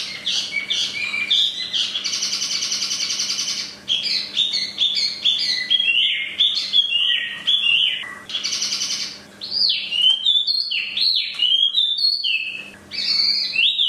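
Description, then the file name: Chinese hwamei song: varied whistled phrases interrupted by two harsh buzzy passages, then long clear slurred notes and rapid repeated whistles; a steady low hum beneath. Used for training cage birds (omkicau). "audio-hwamei-mini-2-omkicau"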